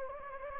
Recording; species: mosquito wingbeat signal from an infrared sensor; Anopheles gambiae